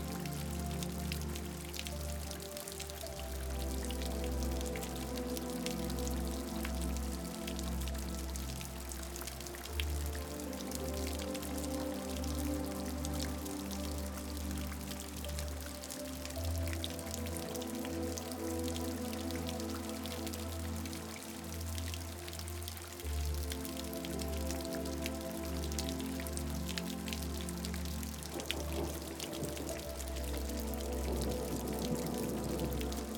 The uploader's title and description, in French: Gouttes de PLUIE et MELODIE Calme. Le doux bruit des gouttes de pluie s'entrelace avec une mélodie calme